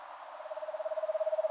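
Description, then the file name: Eastern screech owl giving an even trill of rapid pulses that swells gradually in loudness. "Eastern Screech Owl Megascops asio"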